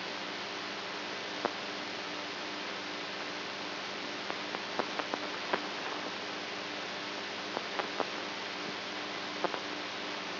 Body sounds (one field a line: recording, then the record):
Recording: brain microelectrode recording played as sound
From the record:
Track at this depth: outside the subthalamic nucleus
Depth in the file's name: 7.105 mm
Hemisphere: right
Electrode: 3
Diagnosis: Parkinson's disease